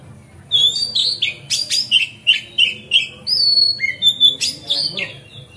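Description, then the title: Magpie-robin song: a steady run of repeated slurred whistles, then long clear whistled notes and quick chirps. Masteran (training song) recorded on a terrace. "Kacer Masteran Teras"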